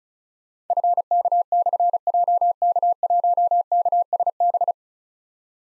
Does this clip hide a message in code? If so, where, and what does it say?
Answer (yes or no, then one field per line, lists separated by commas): yes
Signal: Morse code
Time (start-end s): 0.7-4.7 s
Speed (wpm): 36 wpm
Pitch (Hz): 700 Hz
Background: none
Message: FK/JK1KSB